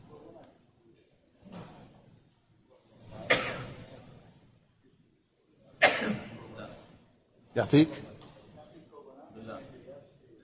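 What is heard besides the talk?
sneeze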